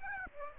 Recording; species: mosquito wingbeat signal from an infrared sensor; Aedes aegypti